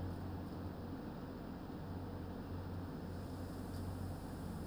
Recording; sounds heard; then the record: poultry house recording; no chicken sound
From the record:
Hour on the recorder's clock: 1